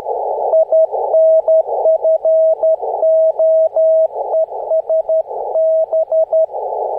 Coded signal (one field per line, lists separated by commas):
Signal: Morse code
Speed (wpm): 12 wpm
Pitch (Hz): 640 Hz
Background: none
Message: INFO ES B